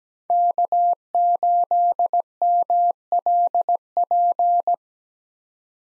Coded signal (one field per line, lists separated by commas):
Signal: Morse code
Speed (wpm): 17 wpm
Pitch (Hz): 700 Hz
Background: none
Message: K8MLP